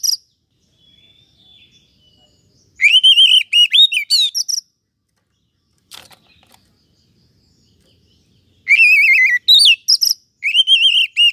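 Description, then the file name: Oriental magpie-robin delivering loud, varied warbling bursts around three and nine seconds, with faint thin notes and a brief soft sound in the quiet middle. "Suara-Kacer-Versi-1"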